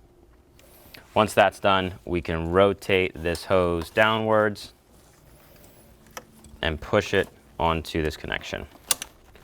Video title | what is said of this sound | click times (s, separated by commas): VW Golf R Water Pump & Thermostat Replacement DIY (2022-Present Volkswagen Mk8 Golf R, GTI) | Get that audible click and | 8.9 s